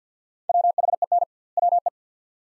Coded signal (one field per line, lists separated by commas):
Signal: Morse code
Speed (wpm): 50 wpm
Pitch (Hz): 700 Hz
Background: none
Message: WHEN WE